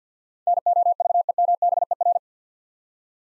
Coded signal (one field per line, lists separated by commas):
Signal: Morse code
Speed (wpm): 50 wpm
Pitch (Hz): 700 Hz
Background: none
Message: NOVEMBER